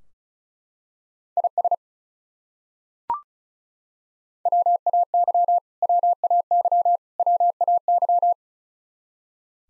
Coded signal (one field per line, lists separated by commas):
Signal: Morse code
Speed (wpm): 36 wpm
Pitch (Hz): 700 Hz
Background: none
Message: IS WAY WAY WAY